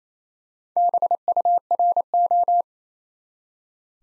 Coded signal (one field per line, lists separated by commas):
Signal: Morse code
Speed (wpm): 28 wpm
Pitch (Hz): 700 Hz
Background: none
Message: BURO